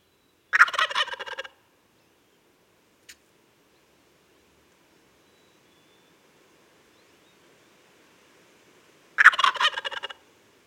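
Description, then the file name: Wild turkey gobbling, two loud rattling bursts about nine seconds apart, each lasting about a second, with a brief click between and quiet background otherwise. "Meleagris gallopavo - Wild Turkey"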